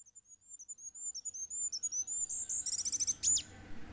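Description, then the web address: Goldcrest giving a fast, thin, very high song, notes quickening into a tight rattling trill and a final sharp flourish. "agykontroll Madardalok Cd 1. Sárgafejű királyka"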